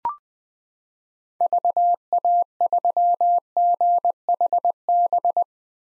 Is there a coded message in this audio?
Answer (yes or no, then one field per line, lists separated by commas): yes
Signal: Morse code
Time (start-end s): 1.4-5.4 s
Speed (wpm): 20 wpm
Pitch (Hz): 700 Hz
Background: none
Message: VA3GHB